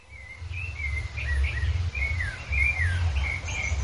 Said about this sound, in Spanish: Estamos escuchando un contrapunto de distintos pájaros.